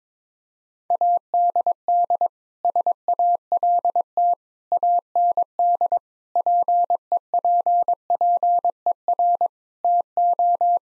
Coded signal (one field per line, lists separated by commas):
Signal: Morse code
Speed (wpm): 22 wpm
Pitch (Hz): 700 Hz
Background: none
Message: ADD SALT AND PEPPER TO